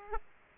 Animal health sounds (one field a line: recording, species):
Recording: mosquito wingbeat signal from an infrared sensor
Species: Aedes aegypti